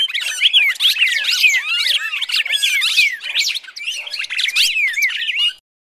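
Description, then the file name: Red-crested Cardinal fighting calls: an agitated rush of rapid, overlapping chirps and downslurred whistles that stops abruptly near the end. Recorded while fighting. "suara burung red crested cardinal tarung omkicau"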